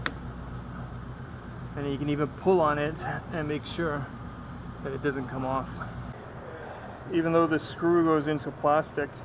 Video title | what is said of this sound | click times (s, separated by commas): Audi B6: 3.0L A4 No start / cranks ok (fuel pump?) | it needs to click into place | 0.1 s